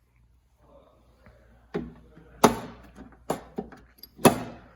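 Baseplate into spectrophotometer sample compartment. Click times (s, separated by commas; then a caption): 2.4 s. A metal GEX baseplate with locating pins is lowered into the sample compartment of a GENESYS 30 spectrophotometer, and its magnets pull it down so it snaps into place with a sharp click at 2.4 s. Other knocks come at about 1.8, 3.3 and 4.3 s. The baseplate ends up seated.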